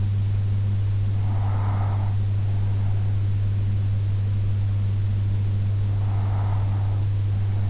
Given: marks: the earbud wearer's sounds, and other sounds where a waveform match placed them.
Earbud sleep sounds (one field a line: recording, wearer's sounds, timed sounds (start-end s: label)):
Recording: sounds in sleep by an in-ear microphone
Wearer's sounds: breath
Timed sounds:
1.60-3.70 s: breath
5.70-7.70 s: breath